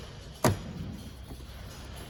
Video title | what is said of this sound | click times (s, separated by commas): 2022 HEARTLAND PIONEER 270BH TT STOCK # 13239 | does just snap into place | 0.5 s